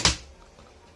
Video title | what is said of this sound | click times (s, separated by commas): DIY: Easily repair your cupboard door,#carpenter ,#repair ,#cupboard | for the testing you can hear the snap sound it offers the resistance that it needs to when I try to open it so | 0.0 s